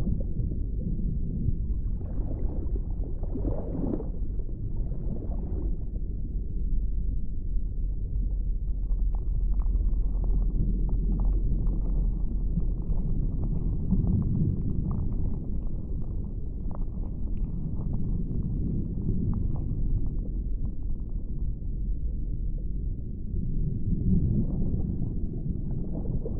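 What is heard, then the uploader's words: Deep underwater ambience, a steady low rumble and murky wash that stays dark and muffled throughout. Soft swelling surges rise and fade every few seconds, with faint crackly ticks scattered through the middle and no sharp or bright sounds. Peaceful undersea asmr ambience. Soothing sounds of the deep water no music.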